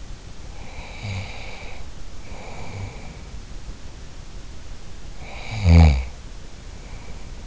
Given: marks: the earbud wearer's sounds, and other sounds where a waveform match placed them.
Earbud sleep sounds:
sounds in sleep by an in-ear microphone; snoring breath
0.37-3.20 s: snoring breath
5.07-7.47 s: snoring breath

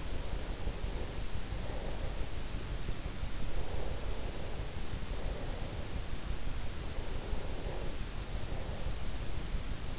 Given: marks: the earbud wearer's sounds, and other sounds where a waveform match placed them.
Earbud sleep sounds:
sounds in sleep by an in-ear microphone; breath
0.00-2.91 s: breath
3.48-6.28 s: breath
6.91-9.82 s: breath

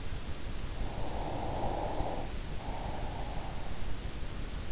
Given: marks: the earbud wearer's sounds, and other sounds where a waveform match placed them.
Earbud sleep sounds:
sounds in sleep by an in-ear microphone; breath
0.77-4.04 s: breath

